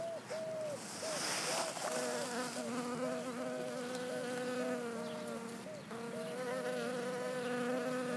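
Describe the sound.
Western honey bee buzzing continuously, the droning hum wobbling up and down in pitch, with a brief dip near six seconds.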